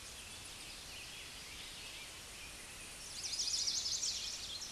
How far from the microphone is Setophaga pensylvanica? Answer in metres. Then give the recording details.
about 45 m. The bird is about 5 m above the microphone. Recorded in a Pennsylvania forest on 16 May 2024 at 08:54. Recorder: AudioMoth, point MSD-0079. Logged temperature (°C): 16.1 °C. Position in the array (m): 136 m, 123 m